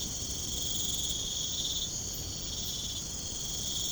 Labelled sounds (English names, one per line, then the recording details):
none
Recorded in pastures near Puerto Asís, Putumayo, Colombia, on 13 March 2025 at 04:30
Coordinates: 0.505, -76.324
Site GP08